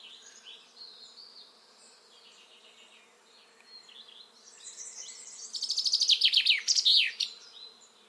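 Common chaffinch song, soft quieter notes, then a loud trill of bright notes ending in a descending flourish.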